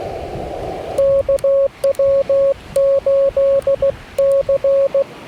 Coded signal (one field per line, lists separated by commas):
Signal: Morse code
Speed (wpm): 16 wpm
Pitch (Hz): 550 Hz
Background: none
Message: KW8C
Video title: Morse code POTA in my Home Park - Logging With World Radio League!!!